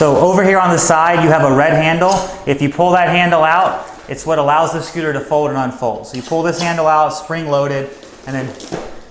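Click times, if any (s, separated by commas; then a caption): none. Someone talks while pulling the spring-loaded red release handle on the side of a Pride Mobility S19 Go Go folding mobility scooter to unfold its metal frame at the hinge latch, which must lock with a click or the unit will fold back down. Nothing has seated or clicked yet.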